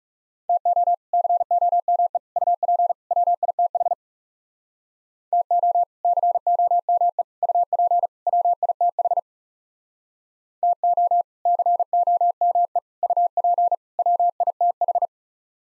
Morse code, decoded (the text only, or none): TO COME UP WITH TO COME UP WITH TO COME UP WITH